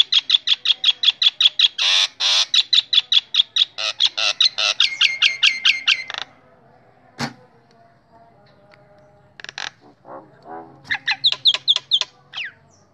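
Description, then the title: Nias hill myna singing a rapid series of loud, piercing whistled notes, broken by rasping buzzy phrases, then a pause and another burst of bright repeated whistles. Loud, very vocal singing bird, recorded as a master model for training other songbirds (masteran). "Burung Jalak Nias Gacor Suara Super Gledek Untuk Masteran"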